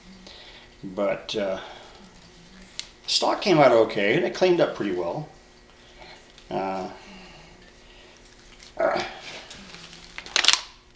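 Someone talks while handling a refinished SKS rifle, moving a folding part, likely the bayonet, toward its locking stud. Short handling ticks and rattles are heard near the end, but nothing has seated or clicked into place yet.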